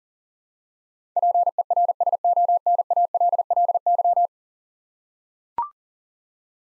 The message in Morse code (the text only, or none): PERSONALLY